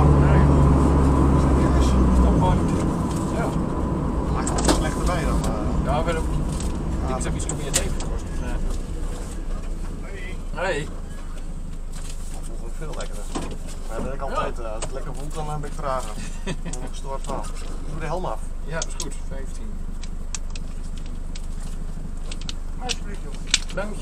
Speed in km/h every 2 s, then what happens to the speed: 53, 43, 33, 20, 6, 0, 0, 0, 0, 0, 0, 0.
0-9 brakes to 0. 9-24 standing.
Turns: none.